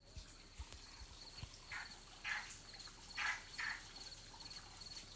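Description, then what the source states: Frog calls, short croaking notes in a loose burst of four or five, over a steady high insect trill and background hiss. Recorded at night.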